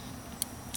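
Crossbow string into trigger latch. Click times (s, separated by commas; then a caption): 0.4 s. The string of a Centerpoint Wrath 430X crossbow is pulled up with a rope cocking aid until it catches in the trigger latch. A sharp, bright click at 0.4 s marks the string seating in the cocked latch, followed by a fainter tick near 0.8 s over low background noise.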